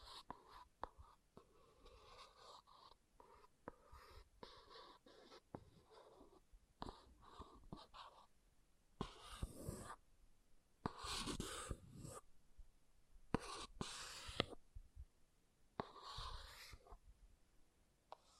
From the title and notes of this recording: ASMR Brain Melting Object Scratching (No Talking).